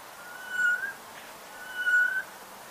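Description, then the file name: Eurasian jay giving two drawn-out, slightly rising mewing whistles about 1.3 seconds apart, with a faint steady background hiss. "Garrulus glandarius"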